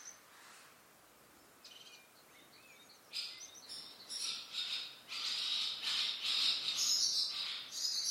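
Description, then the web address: Bird calls, buzzy high squawking notes that start sparse and grow denser and louder, becoming a near-continuous rasping chatter. "Bird Only"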